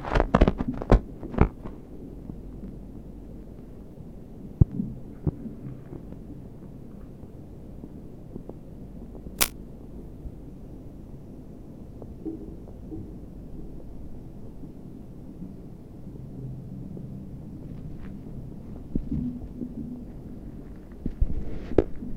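Melting snow, a low, muffled gurgling murmur that stays fairly steady throughout. Sharp drips and ticks cut in now and then: a cluster in the first seconds, single crisp ones near 5 and 9 seconds, and more toward the end.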